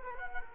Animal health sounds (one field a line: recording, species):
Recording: mosquito wingbeat signal from an infrared sensor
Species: Culex quinquefasciatus